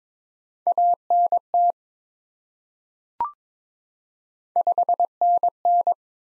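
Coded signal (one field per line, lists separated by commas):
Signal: Morse code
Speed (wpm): 22 wpm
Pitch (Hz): 700 Hz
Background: none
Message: ANT 5NN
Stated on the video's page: Morse head-copy drill of common QSO elements at 22 wpm, each sent, spoken, then sent again.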